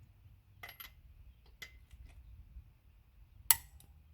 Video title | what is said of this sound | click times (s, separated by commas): Icon 3/8" Split Beam Torque Wrench Unboxing, Testing, Review, and Teardown. | nice big click | 3.5 s